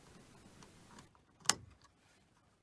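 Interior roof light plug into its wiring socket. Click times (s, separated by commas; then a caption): 1.5 s. The plastic electrical plug of the interior roof light in a VW T5, T6, Caddy or Crafter is slid along its guide rails into its wiring socket and pushed fully home. After soft handling rustle and faint ticks, a single sharp click at 1.5 s marks the plug seating, followed by quiet and a brief knock near the end.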